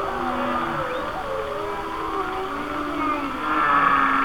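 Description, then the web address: Whale song with a dense tangle of gently descending, overlapping tonal calls and low moans, growing slightly louder toward the end. "Natures Songs Whale Songs Whale Songs"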